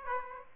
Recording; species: mosquito wingbeat signal from an infrared sensor; Aedes aegypti